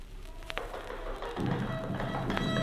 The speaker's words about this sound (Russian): Вдруг слышит он на улице топот, у окошка стук. Глянул мальчишки-мальчиш в окно и видит, стоит у окна всадник.